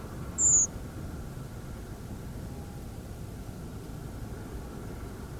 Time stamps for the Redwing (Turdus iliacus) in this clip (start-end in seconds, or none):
0.38-0.68